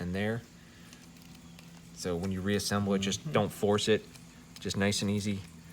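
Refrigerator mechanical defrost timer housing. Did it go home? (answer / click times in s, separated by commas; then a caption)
no / none. Someone talks while reassembling the two halves of a refrigerator's mechanical defrost timer housing, lining up its pins and fitting them gently rather than forcing them. Only faint handling sounds are heard between the speech. The halves have not snapped together yet, and nothing has seated or clicked by the end of the clip.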